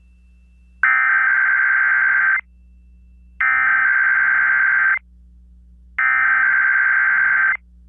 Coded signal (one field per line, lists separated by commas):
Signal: Emergency Alert System (SAME) tones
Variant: header bursts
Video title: KDKA Required Weekly Test from January 16th 2022 (EAS#431)